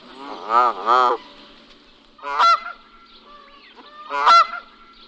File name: berneška-kanadská